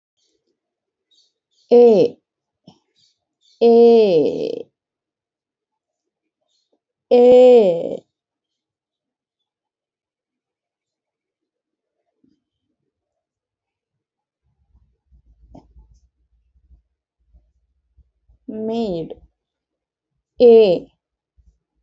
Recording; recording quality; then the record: sustained vowel as in made; excellent, no background noise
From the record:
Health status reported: healthy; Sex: female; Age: 36 years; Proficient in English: yes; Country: India